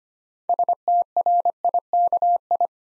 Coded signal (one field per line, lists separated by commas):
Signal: Morse code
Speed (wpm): 25 wpm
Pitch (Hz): 700 Hz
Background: none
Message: STRIKI